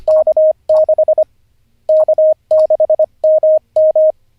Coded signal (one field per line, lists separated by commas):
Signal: Morse code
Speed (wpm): 25 wpm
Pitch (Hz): 620 Hz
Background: none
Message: K6 K6MM